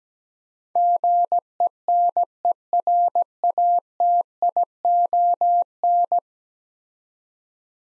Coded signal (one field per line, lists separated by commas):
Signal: Morse code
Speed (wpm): 17 wpm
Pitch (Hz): 700 Hz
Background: none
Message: GENERATION